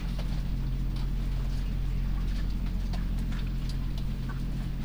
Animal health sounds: poultry house recording; sick chickens (respiratory disease)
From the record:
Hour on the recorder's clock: 21

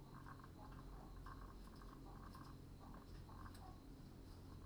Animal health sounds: poultry house recording; sick chickens (respiratory disease)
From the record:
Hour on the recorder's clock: 21

